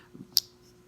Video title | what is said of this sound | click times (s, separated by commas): A Look at the Heretic Knives Jinn | at least this way but when it locks open it's a nice little click uh | 0.4 s